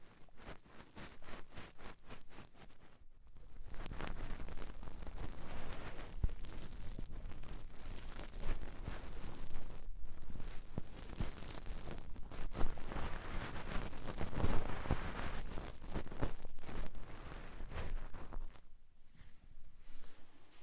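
Deep ear cleaning, heard as a dense, crackling rustle of scraping and rubbing that fills the whole range from low rumble to bright hiss. The texture keeps shifting without settling into a rhythm, with brief quiet gaps near 3 and 19 seconds.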